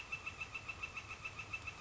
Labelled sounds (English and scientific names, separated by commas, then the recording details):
Northern Flicker (Colaptes auratus)
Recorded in Sonoma County, California